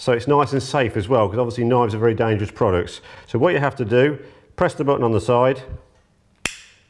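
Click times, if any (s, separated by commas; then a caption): 6.5 s. Someone talks, then the side button on a Stanley Hi Vis plastic folding utility knife is pressed and the blade swings open, locking in place with a sharp click at 6.5 s. The blade locks open so it won't fall back onto the fingers.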